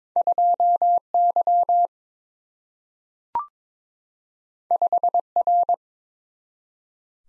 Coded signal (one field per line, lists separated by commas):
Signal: Morse code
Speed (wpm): 22 wpm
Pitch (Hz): 700 Hz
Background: none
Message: 2Y 5R